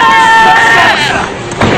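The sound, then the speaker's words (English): An angry 200-pound ram slams into a car, a single sharp, heavy bang of impact cutting in near the end over a steady murmur of crowd noise and a few high, drawn-out tones. “The angry sheep rams the vehicle.”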